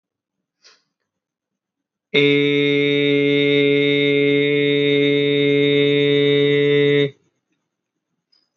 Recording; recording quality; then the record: sustained vowel as in made; moderate, slight background noise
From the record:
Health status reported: healthy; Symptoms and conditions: none ticked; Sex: male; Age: 19 years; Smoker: not ticked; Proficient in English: yes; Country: India